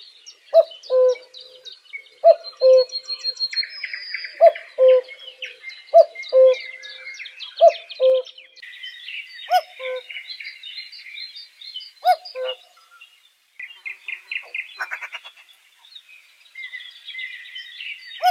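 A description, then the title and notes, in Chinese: A cuckoo repeats its low two-note call every second or so, clear, over a steady chorus of high, busy birdsong chirping. 布谷鸟声。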